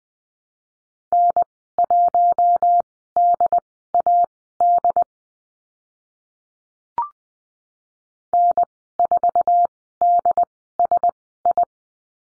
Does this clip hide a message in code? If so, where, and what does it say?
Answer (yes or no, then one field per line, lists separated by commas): yes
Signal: Morse code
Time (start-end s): 1.1-11.6 s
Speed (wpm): 20 wpm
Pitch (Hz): 700 Hz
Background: none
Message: N1DAD N4DSI